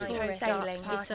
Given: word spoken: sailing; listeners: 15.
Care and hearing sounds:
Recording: one English word in noise, from a listening test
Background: four-talker babble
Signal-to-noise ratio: -1.5 dB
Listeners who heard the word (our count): 2 of 15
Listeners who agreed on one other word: 7 of 15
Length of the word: 0.75 s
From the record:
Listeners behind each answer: 7, 4, 2, 1, 1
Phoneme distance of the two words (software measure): 45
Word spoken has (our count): 2 syllables, 5 phonemes, stress on syllable 1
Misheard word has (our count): 1 syllable, 4 phonemes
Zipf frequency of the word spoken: 4.20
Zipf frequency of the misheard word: 4.27

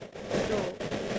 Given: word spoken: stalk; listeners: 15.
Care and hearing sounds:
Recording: one English word in noise, from a listening test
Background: noise modulated by three-talker babble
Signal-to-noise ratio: -5.3 dB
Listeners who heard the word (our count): 0 of 15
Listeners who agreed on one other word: 8 of 15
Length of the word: 0.79 s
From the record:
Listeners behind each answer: 8, 2, 1, 1, 1, 1, 1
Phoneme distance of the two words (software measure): 14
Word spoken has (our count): 1 syllable, 4 phonemes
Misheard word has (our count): 1 syllable, 4 phonemes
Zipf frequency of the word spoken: 3.37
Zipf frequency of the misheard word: 4.17

